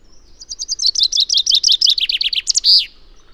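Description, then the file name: Common chaffinch song: a fast run of bright, high notes that falls in pitch, ending in a sharp flourish. "Fringilla coelebs"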